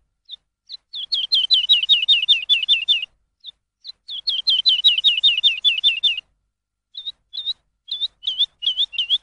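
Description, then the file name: Lark song in two rapid bursts of repeated high, down-slurred chirps separated by a short gap, then a string of spaced single notes. Tutor recording used for training songbirds. "suara masteran lark"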